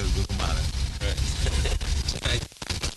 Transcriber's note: laughs